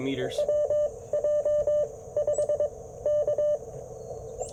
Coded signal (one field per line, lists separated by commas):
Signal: Morse code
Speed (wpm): 21 wpm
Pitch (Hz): 600 Hz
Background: speech, radio noise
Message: WJ 5 K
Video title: Morning Morse Code - 09/24/2024